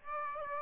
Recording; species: mosquito wingbeat signal from an infrared sensor; Aedes aegypti